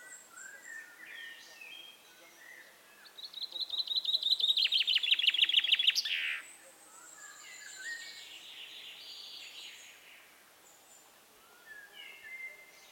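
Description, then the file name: Common chaffinch delivering one fast trill of chipping notes with an abrupt ending, amid softer chirps before and after. "Fringilla coelebs"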